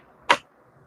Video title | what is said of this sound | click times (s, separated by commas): New World Carpentry is live! Kreg edge build challenge!!! Custom red oak bed set | or the bit until it clicks. | 0.3 s